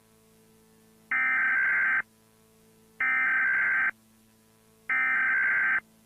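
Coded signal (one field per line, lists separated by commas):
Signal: Emergency Alert System (SAME) tones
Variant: header bursts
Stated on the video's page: Fictional EAS scenario.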